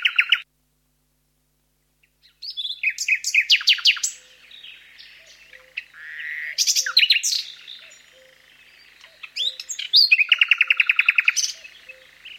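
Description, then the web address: Birds singing: varied whistled and chattering phrases, a short silent gap early on, then a fast repeated trill of rapid notes near the end. Japanese Alps. "sikioto birds alpusbirds"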